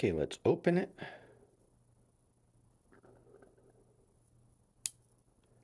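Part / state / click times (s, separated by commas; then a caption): replacement knife blade opening in a multitool handle / seated / 4.9 s. A custom O1 carbon steel replacement knife blade in a Leatherman Signal multitool handle is opened after someone talks briefly. Faint handling sounds follow, then the blade snaps into its locked open position with a sharp click at 4.9 s.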